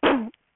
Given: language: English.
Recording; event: throat vibration sensor signal played as sound; cough